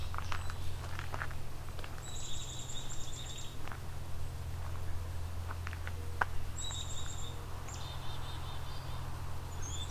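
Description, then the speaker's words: Black-and-white Warbler singing short bursts of rapid, high, squeaky repeated notes, with a few clicks and a constant low hum beneath. Fast version of the song, on a trail through Beverly Swamp. "Okay, there's a fast version of the black and white warbler song."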